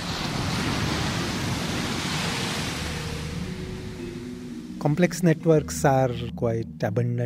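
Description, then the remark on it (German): A steady, hissing roar of huge surging monster waves in the water fills the first several seconds, then someone begins speaking over the continuing wash of the surf. “Dementsprechend lassen sich diese Monsterwellen, die wir hier im Wasser sehen, schon in anderen Bereichen wiederfinden.”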